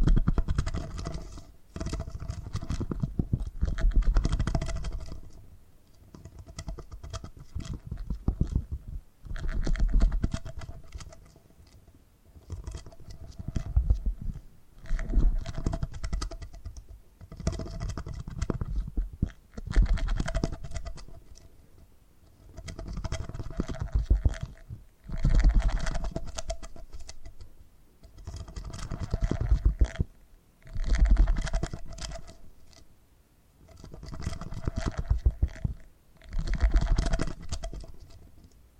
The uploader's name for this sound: Purring Triggers